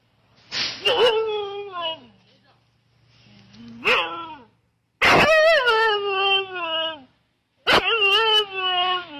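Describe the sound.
Siberian Husky howling and whining: drawn-out, wavering, tonal notes that rise and then fall, repeated four times with short pauses and a few sharp clicks.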